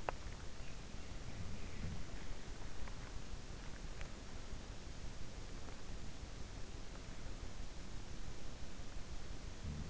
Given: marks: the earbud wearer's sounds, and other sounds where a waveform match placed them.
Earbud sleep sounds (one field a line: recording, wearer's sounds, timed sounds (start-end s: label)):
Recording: sounds in sleep by an in-ear microphone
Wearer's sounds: teeth grinding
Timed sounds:
0.00-0.35 s: teeth grinding